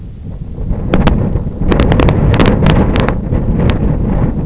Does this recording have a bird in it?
no